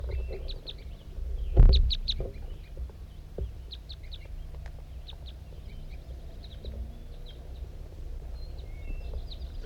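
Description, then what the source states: Crossbill flight calls: short, sharp chip notes given singly and in quick pairs, scattered throughout over a steady low rumble. Wild male circling as he comes in; the recordist's bird 5-3 calling on a hilltop.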